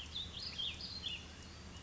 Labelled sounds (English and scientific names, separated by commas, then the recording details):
Warbling Vireo (Vireo gilvus)
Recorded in Sonoma County, California